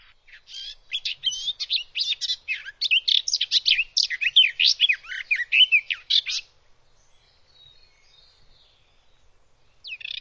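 Bird giving a fast, continuous run of sharp chirps and buzzy warbled notes for about six seconds, then quiet, with another phrase starting at the very end.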